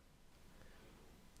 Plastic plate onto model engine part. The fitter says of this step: And you can see this square plate clicks into place over the top of this piece, just like so.